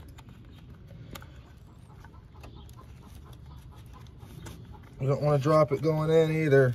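A metal retaining clip is being worked back toward the power steering reservoir of a 2004 Mercedes ML350 after the reservoir O-ring leak repair, lined up carefully so it isn't dropped. Only small, quiet handling taps and clicks are heard over a low background, then someone talks near the end. The clip has not seated or clicked into place yet.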